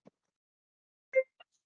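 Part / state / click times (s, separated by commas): backrest into lifting chair base / seated / 1.4 s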